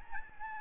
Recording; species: mosquito wingbeat signal from an infrared sensor; Aedes albopictus